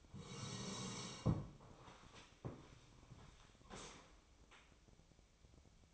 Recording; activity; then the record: daily activity, microphone in the room; sit down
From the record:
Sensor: 1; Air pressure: 1000.5 hPa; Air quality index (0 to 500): 174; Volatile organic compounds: 4 ppm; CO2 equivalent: 1610 ppm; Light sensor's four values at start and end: 13/30/13/15 and 13/31/13/15